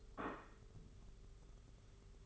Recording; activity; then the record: daily activity, microphone in the room; place plate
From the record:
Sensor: 4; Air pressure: 991.6 hPa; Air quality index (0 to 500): 128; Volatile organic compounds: 38 ppm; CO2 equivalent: 3118 ppm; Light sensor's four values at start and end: 20/65/24/24 and 20/65/24/24